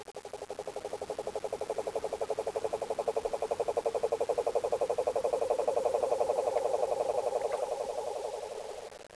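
Frog call, a long rapid mid-pitched trill of evenly spaced pulses, swelling and fading over about nine seconds.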